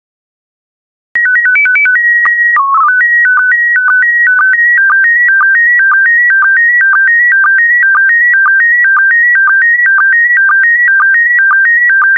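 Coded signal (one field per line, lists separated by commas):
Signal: SSTV (slow-scan television)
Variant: PD120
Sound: brief calibration tones, then a steady warbling tone with a regular chirp about twice a second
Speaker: transmission complete you can now check your decoded image against the picture that is shown on the video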